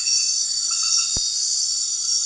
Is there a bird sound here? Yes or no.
no